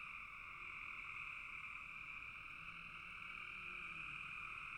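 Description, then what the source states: Frogs in full chorus, a dense continuous high trill with a faint low call or two underneath toward the end. Frogs calling in a bog.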